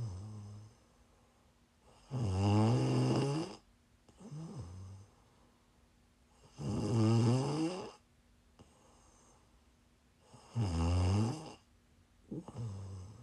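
An adult woman snoring in her sleep: three loud, rattling snores on the in-breath, each followed by a softer, quieter out-breath, repeating steadily at about 15 breaths a minute. The low, fluttering buzz is typical snoring from vibration of the soft tissues of the throat during sleep.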